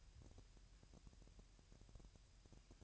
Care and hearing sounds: daily activity, microphone in the room; take from stove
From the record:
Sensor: 2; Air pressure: 1001.9 hPa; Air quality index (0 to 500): 246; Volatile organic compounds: 35 ppm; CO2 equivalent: 3059 ppm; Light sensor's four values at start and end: 5/11/4/5 and 5/11/4/5

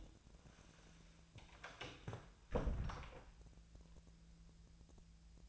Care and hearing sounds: daily activity, microphone in the room; close door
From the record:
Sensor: 2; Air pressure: 1000.3 hPa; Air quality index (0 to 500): 166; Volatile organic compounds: 3 ppm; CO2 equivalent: 1376 ppm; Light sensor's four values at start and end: 10/24/10/11 and 10/24/10/11

